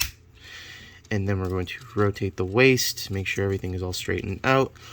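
A plastic Transformers Legacy Leader Laser Optimus Prime action figure is being transformed: its chest section is swung down and snaps into its locked position on the torso with a sharp click at 0.0 s. Afterward someone talks.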